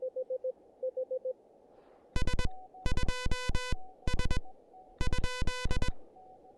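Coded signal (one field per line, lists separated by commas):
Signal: Morse code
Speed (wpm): 21 wpm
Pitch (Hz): 1000 Hz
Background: none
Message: S2S ?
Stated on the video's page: SOTA activation on a summit using the Elecraft KH1 handheld QRP transceiver.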